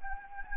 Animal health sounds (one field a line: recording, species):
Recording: mosquito wingbeat signal from an infrared sensor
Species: Anopheles gambiae